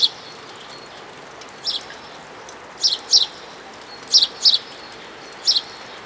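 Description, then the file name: House sparrow giving high, abrupt chirps, several in close pairs, some fainter, at an uneven rhythm against low steady noise. "Passer domesticus"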